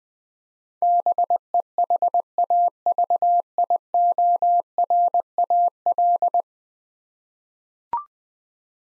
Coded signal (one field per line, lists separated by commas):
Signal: Morse code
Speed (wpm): 21 wpm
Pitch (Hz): 700 Hz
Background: none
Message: BEHAVIORAL